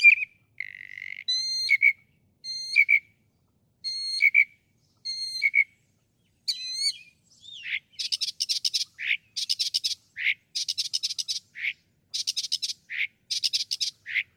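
Northern mockingbird song: varied whistled phrases with stepped harmonics, repeated several times, then switching to bursts of rapid high chatter alternating with slurred notes.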